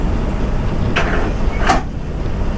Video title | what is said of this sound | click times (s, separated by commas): LOADED TRAILER DROPPED OFF FIFTH WHEEL | I heard it latch but hold let me look in and make sure all right | 1.0 s